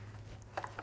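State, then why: Not seated. The plastic face plate of a Commodore SX-64 portable computer is being handled and pressed back onto its case, with brief light plastic knocks around 0.6 and 0.8 seconds over a steady low hum. Nothing has seated or clicked into place yet.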